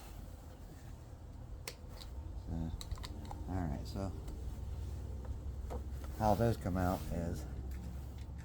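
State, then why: Not seated. A plastic license plate light bulb socket is handled at its lamp housing while someone talks, with a few light taps and handling noises over a low background hum. The clip ends before the socket is pushed into the housing, and nothing has seated or clicked into place yet.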